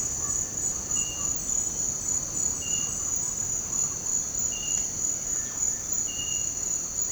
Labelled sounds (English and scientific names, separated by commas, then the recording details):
none
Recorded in dense forest near Puerto Asís, Putumayo, Colombia, on 20 February 2024 at 07:00
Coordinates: 0.503, -76.322
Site G6418